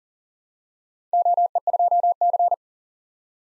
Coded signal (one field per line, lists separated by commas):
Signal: Morse code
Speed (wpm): 41 wpm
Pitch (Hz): 700 Hz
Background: none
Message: OE2C